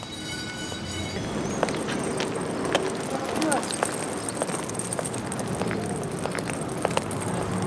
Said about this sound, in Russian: Идет бульдог. По брусчатке тянется цепочка от его ошейника.